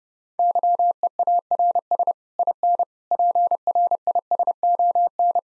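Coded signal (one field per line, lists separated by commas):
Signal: Morse code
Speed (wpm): 32 wpm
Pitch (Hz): 700 Hz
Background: none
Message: YEARS IN PRISON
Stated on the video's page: Head-copy drill of common nine-word groups at 30 wpm, each set sent in Morse, then spoken, then sent again.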